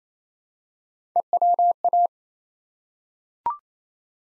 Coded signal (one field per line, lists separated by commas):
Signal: Morse code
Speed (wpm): 27 wpm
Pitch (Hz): 700 Hz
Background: none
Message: EWA